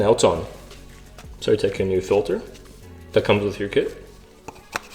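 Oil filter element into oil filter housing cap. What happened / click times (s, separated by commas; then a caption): Handled, not yet home: the filter element has not snapped into its cap / none. Someone talks while handling a new oil filter element from the kit, about to push it onto the plastic oil filter housing cap during an oil change on an N55. A few brief, sharp handling sounds come near the end, around 4.5 s and 4.8 s. Nothing has seated or clicked yet.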